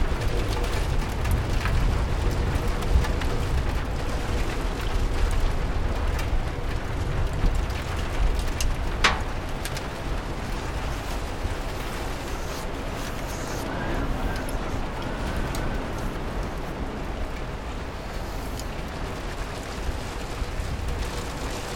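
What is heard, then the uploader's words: Steady rain patters against a window in a dense, even wash, with a deep rumble running underneath throughout. A single sharp knock or click stands out around nine seconds, and a faint higher murmur drifts in briefly near the middle. COSY RAIN • A Desk in Front of a Rainy Window Is the Perfect Place to Study.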